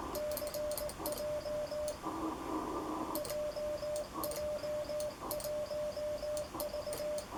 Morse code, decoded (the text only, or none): CJ JJ1V